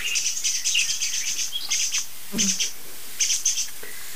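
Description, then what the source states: Song thrush giving agitated scolding calls in quick clustered bursts of thin high notes with brief gaps. Agitated, excited song thrush scolding; these calls heard on and off, sometimes long-lasting, for almost ten days.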